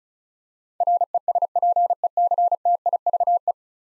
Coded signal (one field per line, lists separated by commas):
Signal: Morse code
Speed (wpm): 36 wpm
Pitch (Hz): 700 Hz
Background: none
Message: RESPECTIVE